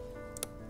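A memory module that was popping out of its DIMM slot in a Dell PowerEdge R520 server is pressed down on a final recheck because it wasn't fully inserted. Over a steady background hum, two sharp clicks sound at 0.4 s and 0.4 s as the retention tab snaps shut. The module is now fully seated.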